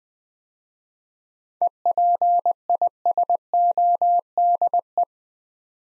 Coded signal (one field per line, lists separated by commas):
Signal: Morse code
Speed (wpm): 20 wpm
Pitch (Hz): 700 Hz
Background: none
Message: EPISODE